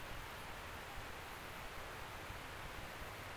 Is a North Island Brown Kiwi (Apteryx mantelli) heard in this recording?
no